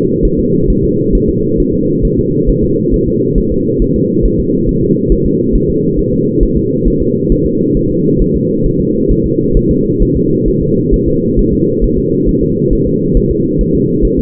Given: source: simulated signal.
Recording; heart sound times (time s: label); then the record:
fetal heart sounds
0.25 s: S1
0.39 s: S2
0.70 s: S1
0.84 s: S2
1.15 s: S1
1.29 s: S2
1.60 s: S1
1.74 s: S2
2.05 s: S1
2.19 s: S2
2.49 s: S1
2.64 s: S2
2.94 s: S1
3.08 s: S2
3.38 s: S1
3.52 s: S2
3.82 s: S1
3.96 s: S2
4.25 s: S1
4.40 s: S2
4.69 s: S1
4.83 s: S2
5.12 s: S1
5.26 s: S2
5.55 s: S1
5.70 s: S2
5.99 s: S1
6.13 s: S2
6.43 s: S1
6.57 s: S2
6.88 s: S1
7.02 s: S2
7.32 s: S1
7.46 s: S2
7.77 s: S1
7.91 s: S2
8.22 s: S1
8.36 s: S2
8.66 s: S1
8.81 s: S2
9.11 s: S1
9.26 s: S2
9.57 s: S1
9.71 s: S2
10.02 s: S1
10.17 s: S2
10.48 s: S1
10.62 s: S2
10.94 s: S1
11.08 s: S2
11.39 s: S1
11.53 s: S2
11.84 s: S1
11.98 s: S2
12.29 s: S1
12.43 s: S2
12.73 s: S1
12.87 s: S2
13.17 s: S1
13.31 s: S2
13.61 s: S1
13.75 s: S2
14.05 s: S1
14.19 s: S2
From the record:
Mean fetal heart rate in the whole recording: 135 bpm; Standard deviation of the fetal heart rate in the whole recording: 3 bpm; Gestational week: 36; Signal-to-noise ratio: -11.2 dB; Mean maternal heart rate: 72 bpm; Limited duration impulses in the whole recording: present